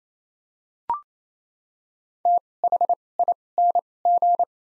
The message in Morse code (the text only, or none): T H I N G